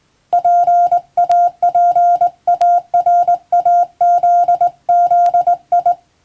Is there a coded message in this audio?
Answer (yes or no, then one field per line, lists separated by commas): yes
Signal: Morse code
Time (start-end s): 0.3-5.9 s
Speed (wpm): 20 wpm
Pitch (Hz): 700 Hz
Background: none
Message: PAPARAZZI